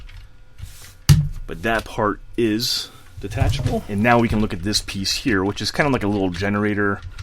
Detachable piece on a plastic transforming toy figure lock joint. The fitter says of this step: where you have to have it 90° tilted this way and then it just spins like that to lock into place